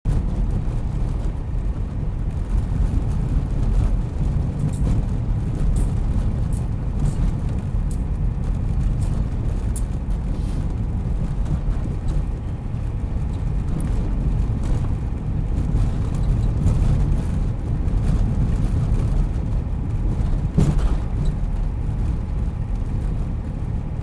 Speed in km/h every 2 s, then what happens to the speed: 52, 52, 52, 53, 53, 56, 56, 56, 56, 56, 56, 56.
0-24 steady at about 56.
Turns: none.